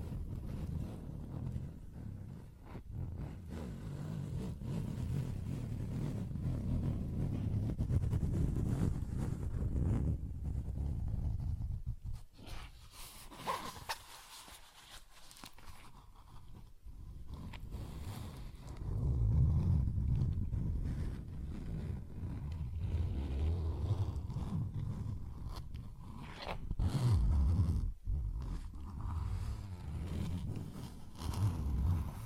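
ASMR tapping and scratching over a heavy low rumble, with scattered sharp clicks throughout, dropping quieter between about twelve and seventeen seconds.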